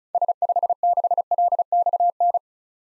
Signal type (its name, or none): Morse code